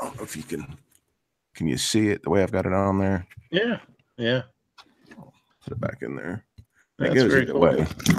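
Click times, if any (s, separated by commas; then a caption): none. A knife is being handled near its kydex-style sheath while someone talks. It has not yet snapped into the sheath, and nothing has seated or clicked yet; only two faint, brief ticks are heard around 5.1 and 5.2 seconds between stretches of talk.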